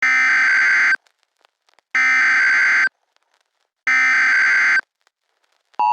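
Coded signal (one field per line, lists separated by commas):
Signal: Emergency Alert System (SAME) tones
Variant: header bursts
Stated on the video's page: Simulated EAS alert about flooding, not a real activation.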